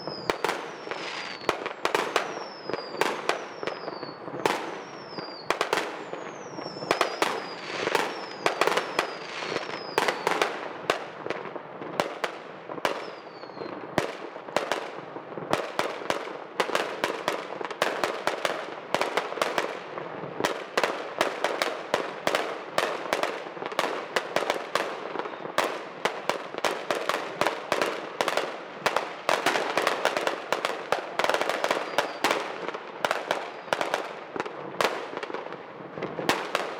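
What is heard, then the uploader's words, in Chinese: Fireworks and firecrackers go off in a dense, unbroken barrage of sharp bangs and crackles for the whole stretch. Through the first fourteen seconds or so, high whistling rockets repeatedly slide downward in pitch over the popping, and a steady roar of explosions fills the background. 当然最不可缺少的年味是放鞭炮。争相斗艳的烟花炮竹。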